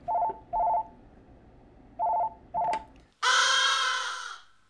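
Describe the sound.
Crow giving a single long, harsh, raspy caw at the end, preceded by four short electronic telephone dialing beeps in two pairs.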